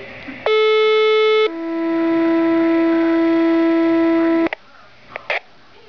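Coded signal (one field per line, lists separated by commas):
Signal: two-tone page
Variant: Motorola Minitor II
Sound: a buzzy one-second higher tone, then a three-second lower tone, then quiet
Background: small room noise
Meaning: Pager test tone alerting fire and ambulance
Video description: dispatch conducting the 6PM pager test. the first tone is for the Fire and Ambulance, and the rest you can hear what they're for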